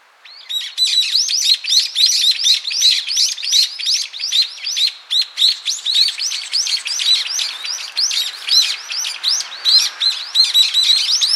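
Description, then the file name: Brown-eared bulbul calls: piercing arched chirps and sharp clicks, about three per second, starting after a short quiet opening and continuing nonstop. "Ixos amaurotis"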